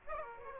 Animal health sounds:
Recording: mosquito wingbeat signal from an infrared sensor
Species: Aedes aegypti

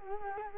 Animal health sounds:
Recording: mosquito wingbeat signal from an infrared sensor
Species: Culex quinquefasciatus

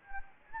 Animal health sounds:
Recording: mosquito wingbeat signal from an infrared sensor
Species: Anopheles gambiae

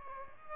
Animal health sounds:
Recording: mosquito wingbeat signal from an infrared sensor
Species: Aedes albopictus

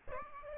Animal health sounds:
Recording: mosquito wingbeat signal from an infrared sensor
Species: Aedes albopictus

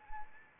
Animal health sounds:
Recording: mosquito wingbeat signal from an infrared sensor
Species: Anopheles arabiensis

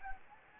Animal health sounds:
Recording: mosquito wingbeat signal from an infrared sensor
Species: Anopheles gambiae

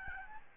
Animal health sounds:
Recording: mosquito wingbeat signal from an infrared sensor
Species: Aedes albopictus

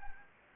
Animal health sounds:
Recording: mosquito wingbeat signal from an infrared sensor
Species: Anopheles gambiae

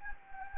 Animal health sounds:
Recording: mosquito wingbeat signal from an infrared sensor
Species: Anopheles gambiae

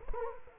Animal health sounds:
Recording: mosquito wingbeat signal from an infrared sensor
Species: Culex quinquefasciatus

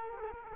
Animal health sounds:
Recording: mosquito wingbeat signal from an infrared sensor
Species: Culex quinquefasciatus

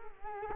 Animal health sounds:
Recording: mosquito wingbeat signal from an infrared sensor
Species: Culex quinquefasciatus

